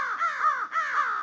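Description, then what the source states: Crow cawing: two harsh, drawn-out caws in quick succession, each wavering in pitch, clear against a quiet background. Crows are common, easy to see and even easier to hear.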